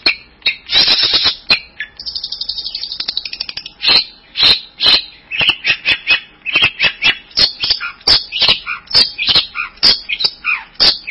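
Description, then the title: Bird song, loud and scratchy, made of sharp chattering bursts and clicks, with rapid rattled phrases and high squeaky notes. "burung"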